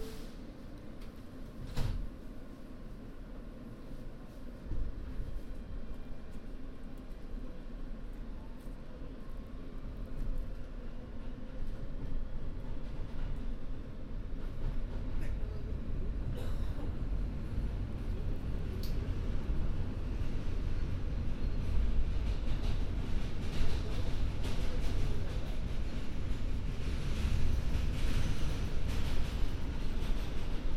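A binaural field recording on the way from Sunset Park to Harlem, filled with a steady low rumble and rattle like a moving train. Sharp clanks and knocks break through around 2, 15, 17 and 19 seconds, and the din grows slightly louder toward the end.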